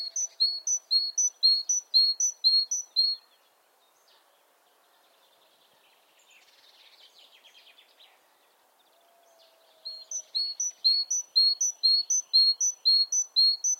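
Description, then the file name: Great tit repeating a bright two-note phrase, high then lower, in two long bouts with a quieter middle section of soft twittering. "Parus major"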